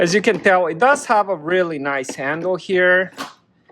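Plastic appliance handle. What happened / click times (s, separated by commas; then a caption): Handled, not yet home: carry handle not locked yet / none. A fold-out carry handle is being handled on a HAUSHOF plastic steam cleaner while someone talks throughout. Near the end, a faint short sound comes after a pause in the talk. The handle has not yet locked into its position on the steam cleaner body, so nothing has seated or clicked yet.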